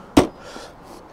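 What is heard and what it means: A motorcycle rear seat, hooked back underneath and pushed down, would not click into its rear latch, so it gets a hard thump. A single sharp hit at 0.2 s seats it in the latch, followed by faint low noise and someone talking.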